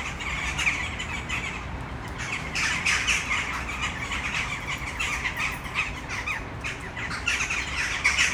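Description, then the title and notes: Western jackdaws uttering sharp, bright chak calls in bursts that swell and ease, a quieter rumble behind them. Flock in a tree full of jackdaws, Malinovského náměstí, Brno city center, Czech Republic, at sunset. "Malinovského nám. 571/1, 602 00 Brno-střed-Brno-město, Česko - Western jackdaws at sunset. A tree full of jackdaws in the city center of Brno"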